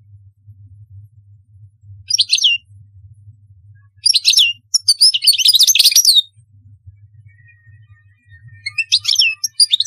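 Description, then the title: European goldfinch twitters in short bright bursts separated by pauses, with a faint low hum throughout. "Chant Chardonneret"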